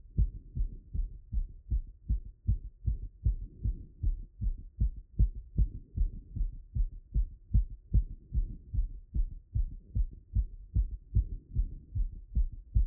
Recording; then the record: heart sounds by stethoscope after running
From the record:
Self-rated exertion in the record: light exertion (2 of 6); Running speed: 6 mph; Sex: male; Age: 19 years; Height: 178 cm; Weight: 72 kg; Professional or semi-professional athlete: no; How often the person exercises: 3 to 5 times a week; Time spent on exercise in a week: 3 to 4 hours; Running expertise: no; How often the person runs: 3 to 5 times a week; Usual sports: running